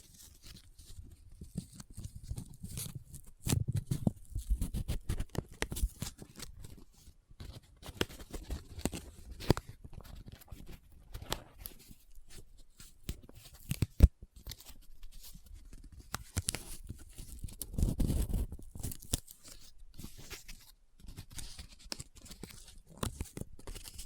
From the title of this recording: Close Up Paper Sounds - Folding, Scratching, Rubbing, Crinkle